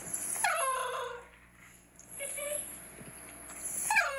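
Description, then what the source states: Basenji dog yodel, two downward-sliding howling calls separated by a quieter stretch. Basenji, a dog breed that does not bark; makes a warbling yodel-like sound instead.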